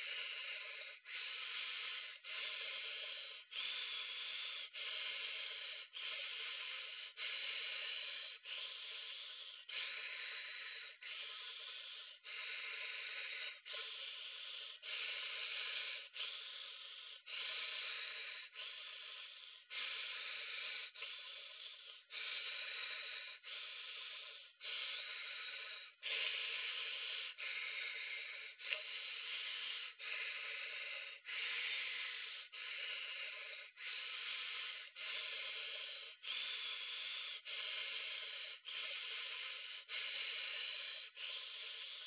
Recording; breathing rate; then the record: paced breathing near a phone; 24 breaths a minute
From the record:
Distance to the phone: 40 cm